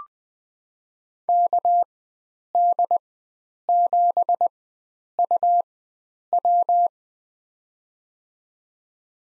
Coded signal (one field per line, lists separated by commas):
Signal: Morse code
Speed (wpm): 20 wpm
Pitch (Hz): 700 Hz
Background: none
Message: KD7UW